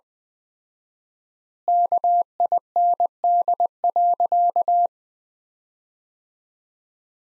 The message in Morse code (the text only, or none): KIND.